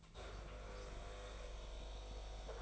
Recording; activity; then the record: daily activity, microphone in the room; make coffee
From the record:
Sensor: 5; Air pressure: 1009.5 hPa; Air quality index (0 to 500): 167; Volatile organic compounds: 4 ppm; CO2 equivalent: 1623 ppm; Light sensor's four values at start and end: 95/252/103/109 and 95/252/103/109